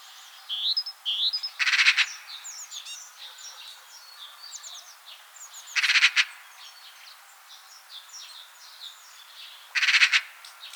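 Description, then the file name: Eurasian magpie uttering three rasping, chattering bursts spaced a few seconds apart over a busy chorus of high whistling songbirds. Call and song. "elster ruf gesang nabu lars lachmann"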